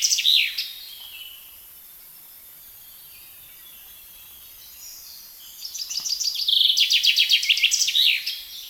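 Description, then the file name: Common chaffinch song: the tail of one phrase opens, then after a quiet gap a second full phrase of rapid, falling, rattled notes with a terminal flourish. "Fringilla coelebs"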